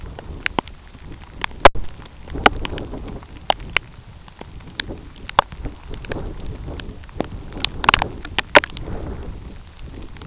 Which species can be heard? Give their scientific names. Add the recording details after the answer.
none. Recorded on Arctic tundra, site UTQI-2, on 13 June 2019. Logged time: 12:00